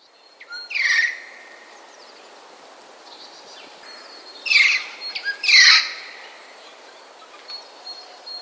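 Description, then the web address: Eurasian jay rasping calls: one harsh burst, a pause of several seconds, then two more close together, with faint thin tonal sounds in the background. Recorded 19 March 2011. "wroblowe ostrzegator sojka"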